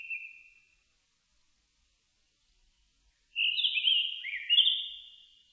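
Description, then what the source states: Japanese thrush giving a short high whistled note, then after a pause a richer phrase of clear, slurred whistles that rise and fall, in an otherwise quiet setting. Recorded on 4 May 2001.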